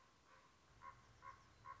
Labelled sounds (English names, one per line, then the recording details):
Common Raven
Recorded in Sonoma County, California